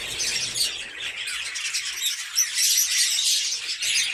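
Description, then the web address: Fischer's lovebird chatter: dense, shrill squawks and squeaky notes overlapping continuously, several birds calling at once with no pauses. "nerazlucniki fiseramaskovye. agapornis fischeri"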